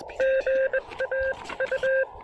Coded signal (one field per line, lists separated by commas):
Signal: Morse code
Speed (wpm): 21 wpm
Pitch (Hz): 530 Hz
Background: none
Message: GA U